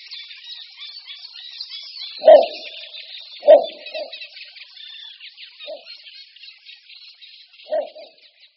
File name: Bukáček malý